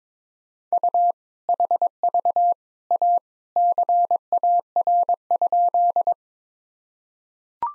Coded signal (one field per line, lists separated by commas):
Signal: Morse code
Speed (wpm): 22 wpm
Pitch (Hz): 700 Hz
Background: none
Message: U HV A CAR?